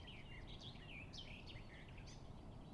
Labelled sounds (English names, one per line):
Eurasian Blackcap